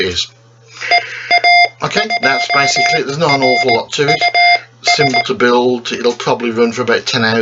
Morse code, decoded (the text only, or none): EAJRUS